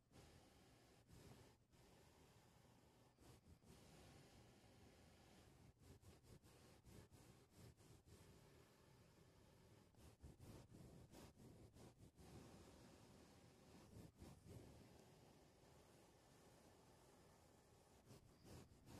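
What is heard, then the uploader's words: A microphone being touched and handled, a dense, rough rumble filling the whole clip with frequent sharp bumps and scrapes, heaviest around ten to fifteen seconds. Mic touching.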